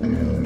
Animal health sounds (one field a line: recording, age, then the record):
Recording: pig call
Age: growing-finishing pig (85 days or more)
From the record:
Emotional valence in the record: positive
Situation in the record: enriched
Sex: female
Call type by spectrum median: low-frequency call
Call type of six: low-frequency modulated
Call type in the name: low-frequency modulated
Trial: 4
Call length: 0.46 s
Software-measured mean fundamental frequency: 40 Hz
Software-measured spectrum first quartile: 125 Hz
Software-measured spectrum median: 215 Hz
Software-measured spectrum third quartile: 329 Hz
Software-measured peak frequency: 232 Hz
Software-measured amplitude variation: 194 dB a second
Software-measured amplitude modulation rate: 35.1 a second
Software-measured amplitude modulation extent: 5.5 dB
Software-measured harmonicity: 1.0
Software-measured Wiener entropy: -1.08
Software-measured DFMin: 654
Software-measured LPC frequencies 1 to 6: 1554, 2213, 3025, 4153, 5372, 6917 Hz